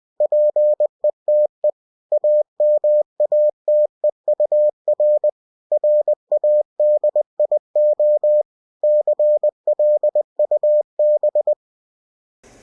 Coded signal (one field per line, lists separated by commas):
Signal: Morse code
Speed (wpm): 20 wpm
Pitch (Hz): 600 Hz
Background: none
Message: PETE AMATEUR RADIO CLUB